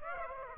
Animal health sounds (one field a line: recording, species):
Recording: mosquito wingbeat signal from an infrared sensor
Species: Aedes aegypti